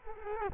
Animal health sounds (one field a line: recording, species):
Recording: mosquito wingbeat signal from an infrared sensor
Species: Culex quinquefasciatus